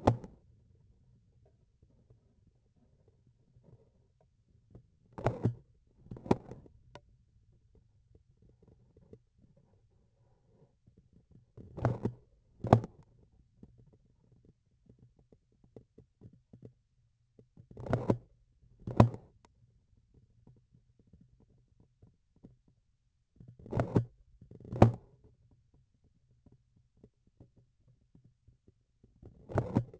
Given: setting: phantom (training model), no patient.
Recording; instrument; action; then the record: laparoscopic instrument, vibration sensor on the handle end; grasping forceps; opening and closing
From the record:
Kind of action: tool actuation without material contact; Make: other than Olympus